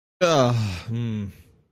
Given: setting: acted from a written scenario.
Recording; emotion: vocal sound without words; shame